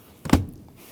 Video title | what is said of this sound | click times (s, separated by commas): How to Replace Fuel Pump Module Assembly 2012-2016 Honda CR-V 2.4L L4 | Wait for the click and do the same thing on the other side. | 0.3 s